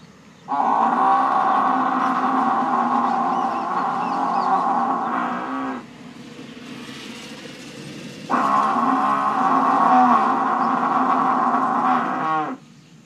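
Buffalo bellowing twice, each a deep, sustained moo of around four to five seconds, separated by a pause of a few seconds.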